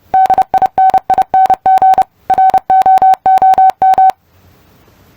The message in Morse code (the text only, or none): DINING ROOM